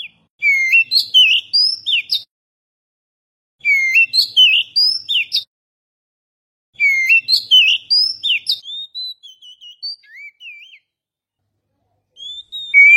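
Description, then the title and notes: Oriental magpie-robin song in three rapid bursts of varied whistles and chattering notes, the first two each about two seconds long, the last trailing into softer looping whistles, with another burst starting at the end. "Kicau Burung Kacer"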